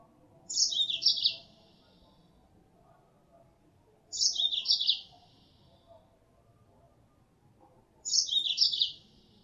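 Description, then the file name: Mozambique canary calls, three short high twittering bursts repeated roughly every four seconds, each about a second long. Female; lure call used to attract birds. "suara pancingan mozambik betina"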